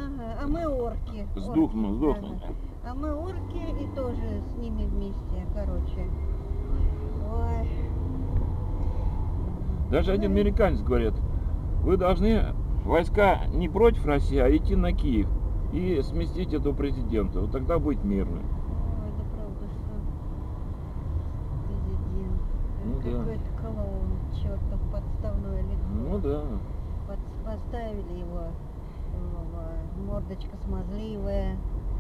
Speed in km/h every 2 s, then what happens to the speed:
9, 6, 13, 16, 20, 20, 18, 18, 21, 22, 22, 21, 20, 19, 19, 18.
2-9 speeds up to 20. 9-32 steady at about 20.